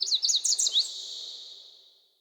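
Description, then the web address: Sparrow song: a quick burst of high, zigzagging chirped notes lasting under a second, ending in a fading ringing tail with no other sounds. "Soulframe Sound. Sparrow Vocalizations Sparrow Song"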